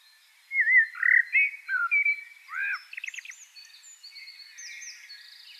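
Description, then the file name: Eurasian blackbird song: a rich whistled phrase of looping notes, trailing into a rapid series of thin, high twittering sounds, with faint birdsong in the background. "Turdus merula"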